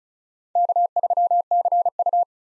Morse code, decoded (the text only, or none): K3CU